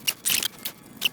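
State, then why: Not seated. A rubber intake boot is handled and pushed toward the carburetor of an RM 125 dirt bike, making short rubbery scrapes and rustles at about 0.1 s, a longer scuffing burst from 0.2 to 0.5 s, a brief rub near 0.7 s, and a sharper scrape at 1.1 s. Nothing has seated or clicked yet; the boot's lip is not yet home on the seal.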